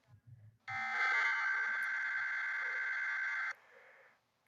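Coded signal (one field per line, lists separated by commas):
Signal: Emergency Alert System (SAME) tones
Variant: header bursts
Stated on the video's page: Fictional EAS scenario alert tones, without sirens and with the Emergency Action Notification removed.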